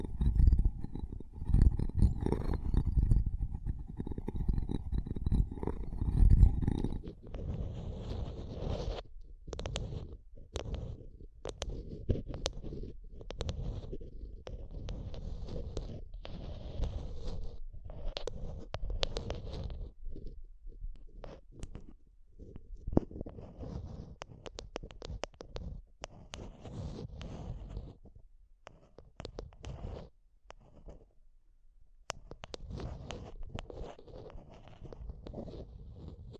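Mic tapping and scratching run through the whole clip. The first seven seconds are a dense, low rumbling scrape. After that the sound breaks into quick irregular taps and scratchy strokes, some sharp and bright, with brief quiet gaps between bursts.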